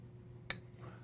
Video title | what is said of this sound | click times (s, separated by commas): Review/impression of my Chris Reeve Knives hollow ground & carbon fiber inlayed Large Sebenza knife | nice clicky d10 let's go one more time over here | 0.5 s